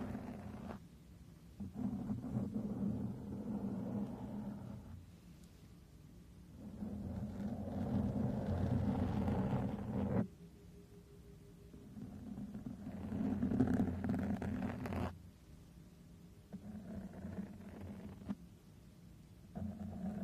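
Microphone brushing and stroking in slow waves of low rumbling friction, rising and fading every few seconds with brief quiet gaps between strokes.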